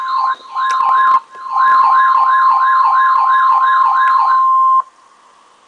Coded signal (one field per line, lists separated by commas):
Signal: Emergency Alert System (SAME) tones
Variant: 1050 Hz attention tone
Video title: 2 Severe Thunderstorm Watches (EAS #509-510)